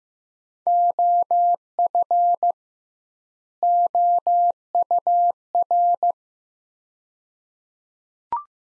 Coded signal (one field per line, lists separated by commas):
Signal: Morse code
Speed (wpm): 15 wpm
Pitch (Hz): 700 Hz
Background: none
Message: OF OUR